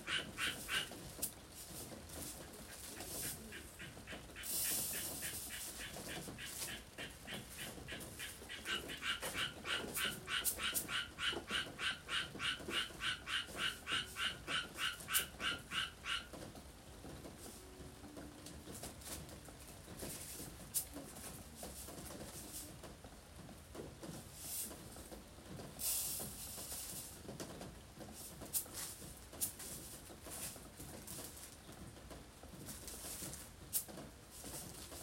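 Vegetables are prepared for shipping under the eaves of an entrance, with birds and frogs calling throughout. A fast, regular chirping or croaking pulse runs from about 9 to 16 seconds, brief bright calls cut in near 5 and 26 seconds, and a radio plays faintly in the background.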